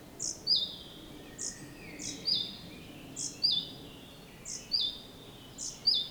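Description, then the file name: Great tit giving a clear two-note phrase, a thin high note then a lower slurred one, repeated several times. "Parus major"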